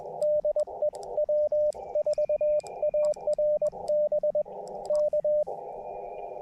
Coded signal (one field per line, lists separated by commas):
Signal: Morse code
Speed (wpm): 21 wpm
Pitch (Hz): 600 Hz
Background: radio noise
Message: DE W4ARB K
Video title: QRP CW POTA Activation with KX2 and Gabil GRA-7350T Telescopic Whip Antenna (Coon Creek - K-3684)